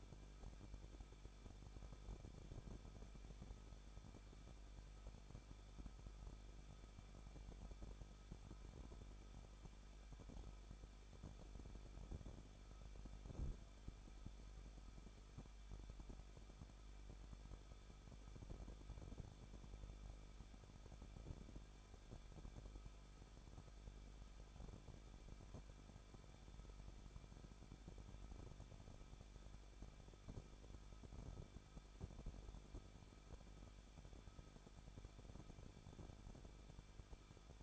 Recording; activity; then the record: daily activity, microphone in the room; no activity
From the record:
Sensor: 5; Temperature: 20.9 degrees Celsius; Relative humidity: 38.2%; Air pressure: 1006.4 hPa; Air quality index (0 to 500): 187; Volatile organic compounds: 18 ppm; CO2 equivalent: 2636 ppm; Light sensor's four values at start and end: 2/3/1/1 and 2/3/1/1